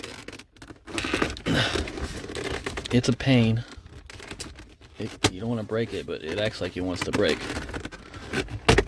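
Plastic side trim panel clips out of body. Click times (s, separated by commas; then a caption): 8.7 s. Someone talks while a plastic side trim panel on a Toyota RAV4 is pulled out of its clips in the body during removal for a radiator hose replacement, with scattered small clicks and rattles as it strains like it wants to break. It releases with a sharp pop at 8.7 s, and the panel comes free of its clips.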